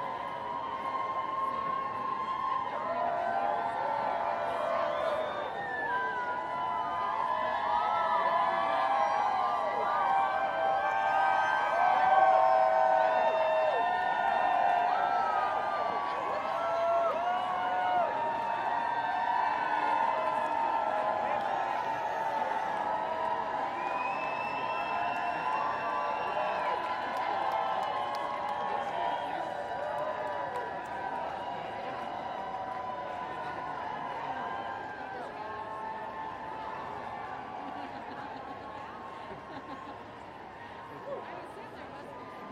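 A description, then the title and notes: A women's march crowd fills the whole recording with a dense, unbroken wash of many overlapping voices talking and calling out. The noise swells a little around twelve seconds, with bursts like cheering, then eases slightly and stays steady toward the end. WOMXNS MARCH_raw_12 by Andy "soundeziner" Martin.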